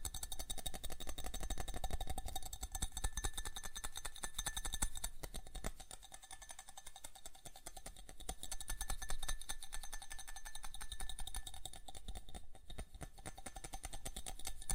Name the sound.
ASMR Fast Tapping